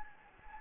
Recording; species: mosquito wingbeat signal from an infrared sensor; Anopheles gambiae